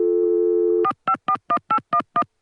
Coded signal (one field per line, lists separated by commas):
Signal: DTMF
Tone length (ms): 80 ms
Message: 4541811